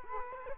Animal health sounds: mosquito wingbeat signal from an infrared sensor; Culex quinquefasciatus

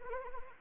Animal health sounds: mosquito wingbeat signal from an infrared sensor; Anopheles arabiensis

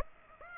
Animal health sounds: mosquito wingbeat signal from an infrared sensor; Aedes aegypti

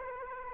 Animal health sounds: mosquito wingbeat signal from an infrared sensor; Aedes aegypti

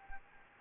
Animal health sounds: mosquito wingbeat signal from an infrared sensor; Anopheles gambiae

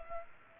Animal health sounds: mosquito wingbeat signal from an infrared sensor; Culex pipiens

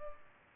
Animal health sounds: mosquito wingbeat signal from an infrared sensor; Culex pipiens

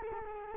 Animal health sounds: mosquito wingbeat signal from an infrared sensor; Culex quinquefasciatus

